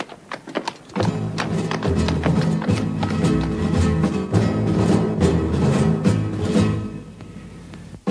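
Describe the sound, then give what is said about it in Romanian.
Donkey hooves clip-clop at an unhurried walking pace, a run of sharp, evenly spaced taps that soon continue over a swell of steady, harmonic music. “Mai departe, fiindcă măgarul meu merge cam încet și afară de asta, loviturile greșite zboară prea iute.”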